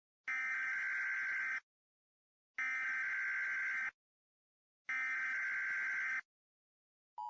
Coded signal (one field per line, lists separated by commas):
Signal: Emergency Alert System (SAME) tones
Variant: header bursts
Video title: REUPLOAD: EAS Scenario Christmas Special: Nibiru